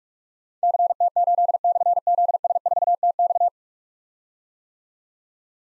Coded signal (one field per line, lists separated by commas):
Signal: Morse code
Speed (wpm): 44 wpm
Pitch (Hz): 700 Hz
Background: none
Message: CT8/ZS4TX